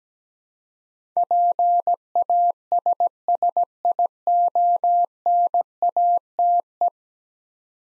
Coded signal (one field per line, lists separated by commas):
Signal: Morse code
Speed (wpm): 17 wpm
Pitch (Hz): 700 Hz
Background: none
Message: PASSIONATE